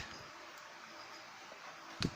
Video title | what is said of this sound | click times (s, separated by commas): Blade Maze Test en Fr | voilà donc qui s'est plutôt bien et ça s'enclenche plutôt pas mal hop donc | 2.0 s